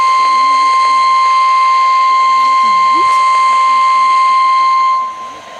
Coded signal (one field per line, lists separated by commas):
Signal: Emergency Alert System (SAME) tones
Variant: 1050 Hz attention tone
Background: speech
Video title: Things took a weird route here... // EAS Alerts from July 4th to 11th - EAS 228-256